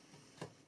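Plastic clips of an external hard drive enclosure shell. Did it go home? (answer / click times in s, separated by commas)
released / 0.4 s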